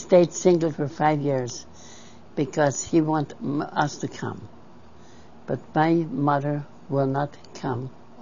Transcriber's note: none